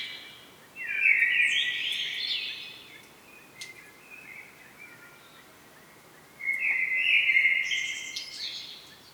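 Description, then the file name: Common blackbird song: two fluty warbling phrases separated by a pause, each with a high twittering end. "Turdus merula"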